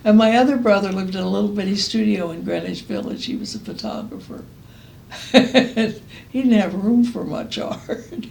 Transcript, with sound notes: And my other brother lived in a little bitty studio in Greenwich Village; he was a photographer. [laughs] He didn’t have room for much art.